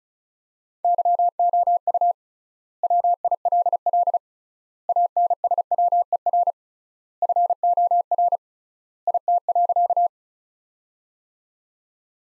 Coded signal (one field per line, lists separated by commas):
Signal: Morse code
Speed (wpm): 36 wpm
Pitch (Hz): 700 Hz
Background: none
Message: YOU WILL ANSWER FOR IT.